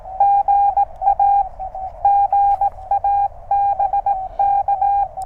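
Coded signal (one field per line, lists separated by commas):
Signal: Morse code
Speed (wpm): 18 wpm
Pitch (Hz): 800 Hz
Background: radio noise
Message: GA GA BK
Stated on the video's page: QRP CW POTA park activation working DX with a speaker wire antenna tuned by a ZM-2 tuner.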